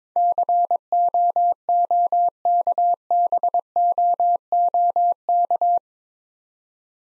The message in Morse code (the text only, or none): COOKBOOK